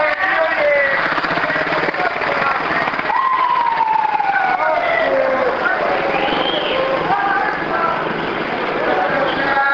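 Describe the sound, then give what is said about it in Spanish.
An ambulance siren wails loudly as it passes through a hospital neighborhood, its tone sliding up and down in long sweeps over a steady rumble of engine and street noise. “Viene pasando una ambulancia, seguramente va al hospital.”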